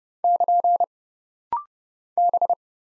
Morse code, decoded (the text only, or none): <KN> B